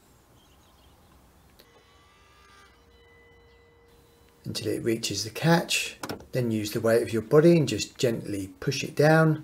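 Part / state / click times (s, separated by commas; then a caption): car bonnet into its front latch / not seated / none. The steel bonnet of an Audi Q3 is lowered carefully onto its front latch after the washer reservoir cap is pressed on; it is only pushed down with body weight afterwards. Quiet handling comes first, with a faint brief tap near 1.6 s, then someone talks from about 4.3 s. Nothing has seated or clicked yet.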